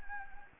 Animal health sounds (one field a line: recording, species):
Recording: mosquito wingbeat signal from an infrared sensor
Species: Anopheles gambiae